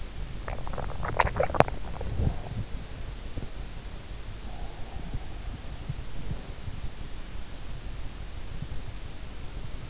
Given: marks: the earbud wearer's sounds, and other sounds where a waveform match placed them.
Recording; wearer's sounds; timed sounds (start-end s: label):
sounds in sleep by an in-ear microphone; body movement
0.00-3.72 s: body movement